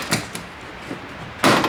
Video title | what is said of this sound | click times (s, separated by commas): M Sport conversion kit skirts and rear cover DIY for the BMW F32 435i | And you can hear the pops because there are little plastic rivets that | 0.4 s, 1.4 s